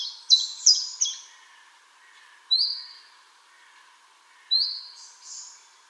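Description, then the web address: Common chiffchaff calls: short, upslurred whistled notes, with two clear rising calls about two seconds apart after some brief mixed chips at the start, over a faint steady hum. "Schulze Peter Common Chiffchaff calls"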